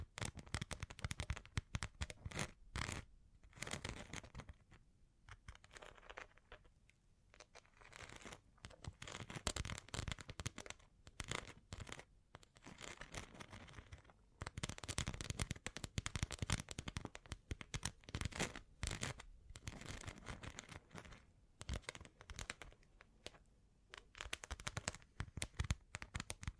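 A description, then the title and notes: Bling triggers: dense, rapid crackly clicking and rustling, bright and busy throughout, easing briefly around six to eight seconds before picking back up. Bling Bling Triggers.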